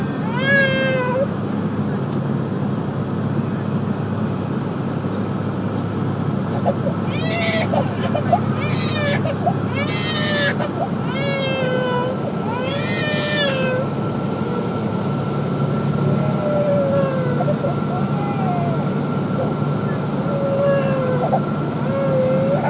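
A baby cries in intermittent bursts aboard a bus, over the steady low rumble of the vehicle.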